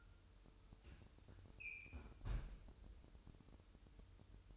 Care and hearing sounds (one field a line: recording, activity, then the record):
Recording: daily activity, microphone in the room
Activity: close fridge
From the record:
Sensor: 2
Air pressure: 988.3 hPa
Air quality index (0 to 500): 189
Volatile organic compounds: 173 ppm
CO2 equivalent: 4118 ppm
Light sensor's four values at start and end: 21/70/27/26 and 21/70/27/26